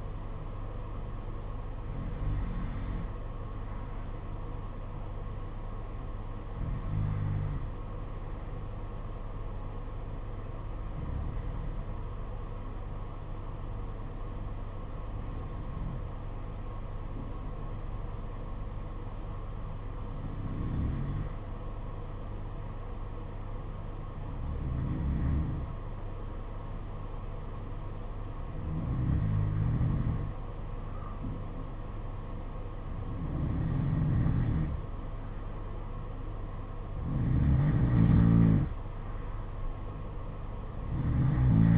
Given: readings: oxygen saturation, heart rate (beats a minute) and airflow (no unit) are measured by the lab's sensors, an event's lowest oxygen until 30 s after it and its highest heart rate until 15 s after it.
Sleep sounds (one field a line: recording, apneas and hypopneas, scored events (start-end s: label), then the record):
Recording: breathing in sleep by a smartphone at the bedside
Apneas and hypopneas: 1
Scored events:
11.00-41.78 s: new sleep stage, N2 (light sleep)
12.00-35.90 s: hypopnea (N2, oxygen 96% highest, then 90% lowest, heart rate 49 at the start, 56 highest)
From the record:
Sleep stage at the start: N1 (lightest sleep)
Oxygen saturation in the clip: 84 to 96%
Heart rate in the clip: 49 to 55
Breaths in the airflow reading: 9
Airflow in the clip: -8.5 to 7.6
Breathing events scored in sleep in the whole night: 476 in 9.7 hours asleep